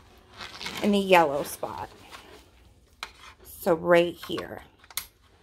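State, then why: Seated. Someone talks while pushing a yellow Ethernet cable's plastic RJ45 plug into the yellow port on the back of a modem. A sharp snap sounds at 5.0 s as the plug clicks and seats in the port.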